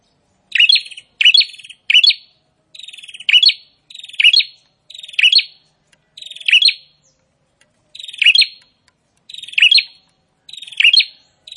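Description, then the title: Prinia song: rasping, buzzy phrases, each ending in high sharp notes, repeated steadily throughout. Prinia singing prolifically ('gacor'). "Prenjak gacor"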